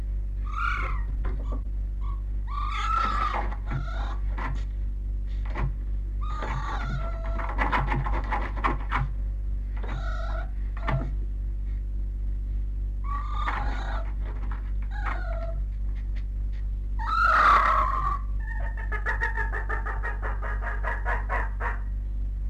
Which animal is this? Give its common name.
Red Fox